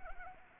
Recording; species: mosquito wingbeat signal from an infrared sensor; Anopheles arabiensis